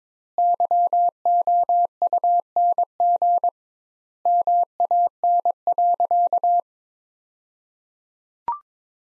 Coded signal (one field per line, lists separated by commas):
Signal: Morse code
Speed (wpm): 22 wpm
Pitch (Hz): 700 Hz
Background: none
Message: YOUNG MAN.